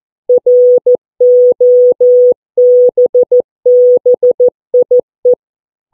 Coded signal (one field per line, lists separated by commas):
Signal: Morse code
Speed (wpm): 15 wpm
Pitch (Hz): 490 Hz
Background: none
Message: ROBBIE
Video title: CW Contact with 11 year old Ryan, EI8KW and Robbie, Ei2iP.